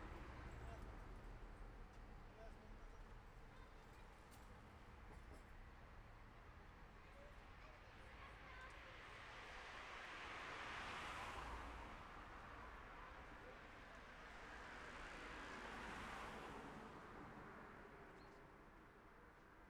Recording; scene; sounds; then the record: everyday scene through a hearing-aid microphone; in traffic; traffic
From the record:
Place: city secondary road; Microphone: behind the ear, left, front